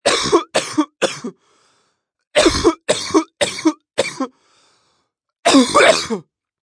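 Acted adult coughing in three runs: three bursts, four bursts, then one longer harsh cough, with pauses between.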